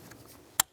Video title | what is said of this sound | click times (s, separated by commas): How To Replace Heater Blower Motor With Fan Cage Toyota RAV4 2006-2012 | listen for a click give it a nice tug make sure it's secure | 0.6 s